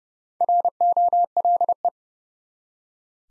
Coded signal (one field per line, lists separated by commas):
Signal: Morse code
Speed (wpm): 30 wpm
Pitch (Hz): 700 Hz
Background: none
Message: ROLE